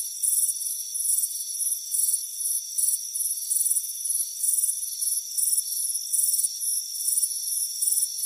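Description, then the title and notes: Short, sharp cricket trills repeat somewhat unevenly about twice a second over a continuous high, whining insect background. Crickets chirping on a warm afternoon by a front porch. "Soothing Crickets Chirping Sound. It's a warm afternoon as you relax in a hammock on the front porch. Relax and fall asleep to the soothing sound of chirping crickets. Deep Sleep Sounds"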